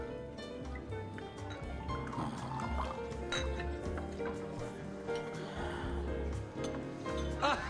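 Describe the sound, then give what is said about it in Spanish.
A drink is poured into a glass in a steady, continuous stream with small trickling and dripping splashes, running for several seconds over a busy, tonal background. “Pon un poco más ahí, vaquero.”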